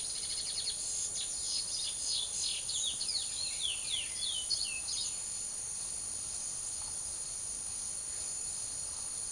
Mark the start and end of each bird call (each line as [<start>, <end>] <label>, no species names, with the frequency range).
[0.00, 5.08] bird call (1.4-7.5 kHz)